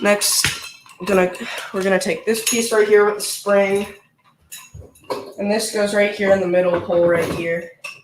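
A spring-loaded plastic piece is handled and positioned in the middle of an animatronic figure's mechanism while someone talks, with a few faint taps and knocks between the words. Nothing has seated or clicked yet; the clip ends before the piece snaps into place.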